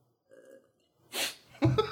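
A faint murmur, then a breathy slurp as someone takes a sip of a drink, followed by a loud, throaty vocal sound like a satisfied exhale or small burp.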